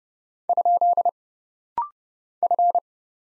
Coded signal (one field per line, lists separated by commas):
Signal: Morse code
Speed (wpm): 30 wpm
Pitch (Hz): 700 Hz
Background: none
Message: ? F